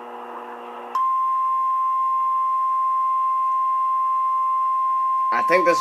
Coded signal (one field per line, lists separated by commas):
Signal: Emergency Alert System (SAME) tones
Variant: 1050 Hz attention tone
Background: speech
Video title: EAS 602 SVR NWS Chicago